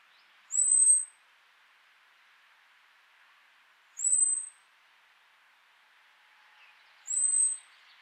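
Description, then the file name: Common blackbird calling with thin, high seee notes, three of them spaced a few seconds apart, over a soft hissing background. "Turdus merula"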